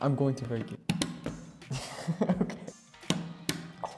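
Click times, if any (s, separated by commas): 3.1 s, 3.5 s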